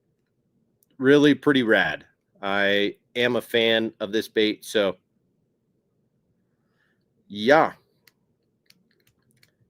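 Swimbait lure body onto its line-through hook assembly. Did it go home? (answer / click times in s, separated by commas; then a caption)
partly / none. Someone talks while fitting the body of a line-through swimbait lure onto its hook and line assembly by hand, and several small, faint ticks sound near the end. The body does not click fully into place, so nothing has seated yet.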